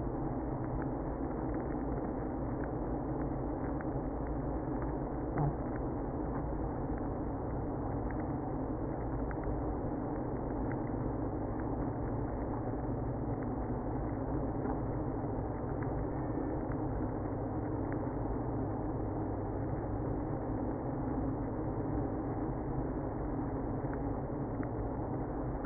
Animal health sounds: honeybee colony, microphone inside the hive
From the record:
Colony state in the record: queenless (queen removed); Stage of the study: after two queens were removed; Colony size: about 60,000 bees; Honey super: yes

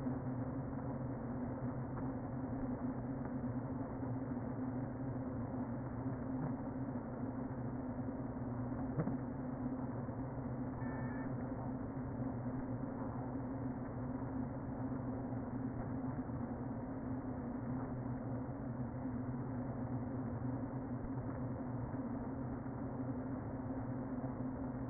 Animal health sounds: honeybee colony, microphone inside the hive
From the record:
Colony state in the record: queen present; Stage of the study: before two queens were removed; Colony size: about 60,000 bees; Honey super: yes

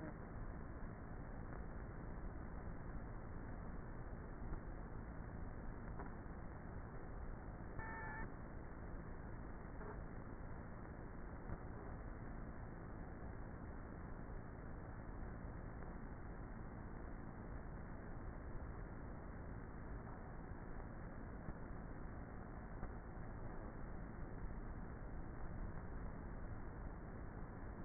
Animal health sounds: honeybee colony, microphone inside the hive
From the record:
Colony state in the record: queenless with a low population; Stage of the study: before two queens were removed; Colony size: about 30,000 bees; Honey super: no

